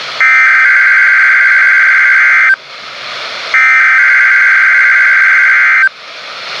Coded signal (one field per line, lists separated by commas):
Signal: Emergency Alert System (SAME) tones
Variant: header bursts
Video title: WNG575 Required Weekly Test (EAS #1,683) 11/15/17